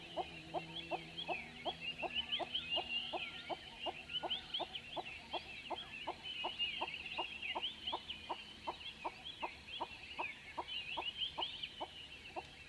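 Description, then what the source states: Hornbill producing sharp, evenly repeated clucking notes at a quick pace, beneath a constant wash of high chirping birds. Dawn in savannah, Limpopo, South Africa, November 2016, with diffuse birdsong; two Sennheiser MKH8020 microphones in SASS enclosure onto Zoom F8 recorder.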